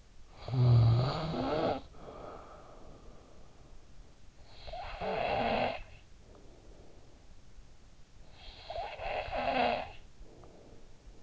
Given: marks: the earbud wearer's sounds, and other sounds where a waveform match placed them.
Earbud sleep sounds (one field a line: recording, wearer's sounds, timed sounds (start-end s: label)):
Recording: sounds in sleep by an in-ear microphone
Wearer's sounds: snoring breath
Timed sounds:
0.00-3.86 s: snoring breath
4.17-6.94 s: snoring breath
8.14-11.23 s: snoring breath